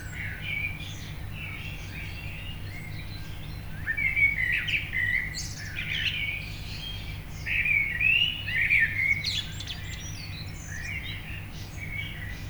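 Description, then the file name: Common blackbird singing mellow warbled phrases with higher squeaky twitters, fuller around four and eight seconds, over a steady low rumble. "Turdus merula"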